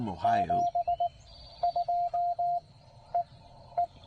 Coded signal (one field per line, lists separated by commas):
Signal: Morse code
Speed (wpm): 19 wpm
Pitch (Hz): 700 Hz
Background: speech, radio noise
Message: 72 E E